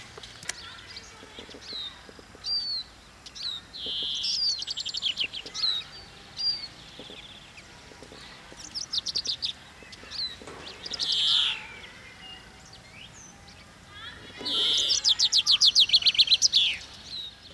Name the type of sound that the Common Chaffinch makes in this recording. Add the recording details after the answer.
song. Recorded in the wild. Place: Oberstdorf, Bayern, DE. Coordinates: 47.4078, 10.2781. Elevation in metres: 811. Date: 1985-04-02. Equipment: Uher 4000 Report, Sennheiser MKH 815 T. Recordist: Tretzel, Erwin